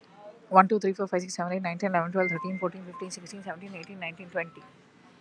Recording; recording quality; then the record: counting at a fast pace; moderate, slight background noise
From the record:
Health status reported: exposed to COVID-19, no respiratory illness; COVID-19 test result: negative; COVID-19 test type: RT-PCR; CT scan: not taken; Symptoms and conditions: none ticked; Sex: female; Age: 23 years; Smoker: no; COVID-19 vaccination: both doses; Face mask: worn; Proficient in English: yes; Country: India